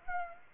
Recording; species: mosquito wingbeat signal from an infrared sensor; Aedes aegypti